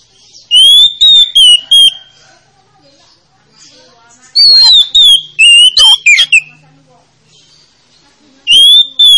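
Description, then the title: Oriental magpie-robin song: three bursts of clear whistled phrases mixed with sharp high notes, separated by brief quiet spells. Played as a lure to make a reluctant magpie-robin start singing. "Pancingan Kacer Yg Malas Bunyi"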